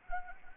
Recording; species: mosquito wingbeat signal from an infrared sensor; Anopheles arabiensis